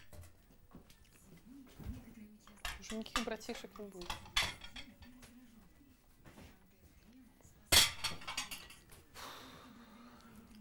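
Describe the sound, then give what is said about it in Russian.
Plates and dishes clink and clatter as they are put into a sink, a run of sharp ceramic knocks with one loud crash near the end, while people talk quietly underneath. “В раковину не забудь поставить свою тарелку.”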